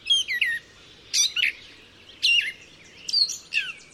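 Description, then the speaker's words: Gray Catbird song, short varied phrases of squeaky, scratchy chirps and slurred notes, delivered in separate bursts roughly once a second with brief pauses between. "Males sing the loudest, but females sometimes respond with a quieter song of their own."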